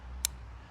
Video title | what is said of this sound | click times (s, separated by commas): EOTECH Sight and Magnifier Designed for Airsoft - By SPECPRECISION | And it's got this nice click to it. You can listen. | 0.2 s